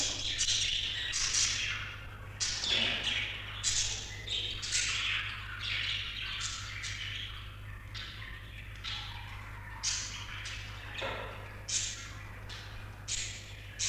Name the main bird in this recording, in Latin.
Melopsittacus undulatus